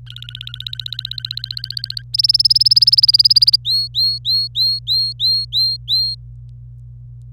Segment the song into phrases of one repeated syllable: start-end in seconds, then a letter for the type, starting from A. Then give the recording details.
0.06-2.02 A, 2.13-3.56 B, 3.65-6.15 C. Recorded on 26 April 2018 at 08:22. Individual llb3